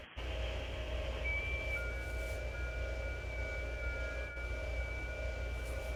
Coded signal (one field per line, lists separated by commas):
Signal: FT8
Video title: Ham Radio K1GMM Live Stream Testing the New 160 Meter Inverted L (Zombie)